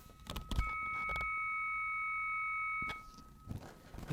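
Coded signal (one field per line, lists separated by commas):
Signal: 300-baud modem data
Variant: 300 baud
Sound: two steady high carrier tones held about two seconds amid clunks and rustling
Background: mechanical clatter, handling noise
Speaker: if I take this lavalier microphone and I put it right over here you certainly hear that it was connected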